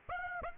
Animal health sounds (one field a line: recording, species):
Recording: mosquito wingbeat signal from an infrared sensor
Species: Aedes aegypti